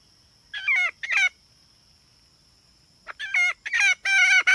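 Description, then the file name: Red junglefowl hen calls: two drawn-out wavering squawks, a pause, then several more loud harsh notes; a thin steady high tone hums underneath. "tieng ga mai rung"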